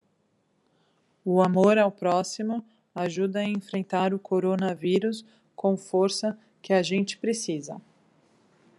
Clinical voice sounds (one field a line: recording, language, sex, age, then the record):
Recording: spoken sentence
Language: Brazilian Portuguese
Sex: female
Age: 40 to 49 years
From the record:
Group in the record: control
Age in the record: 41 years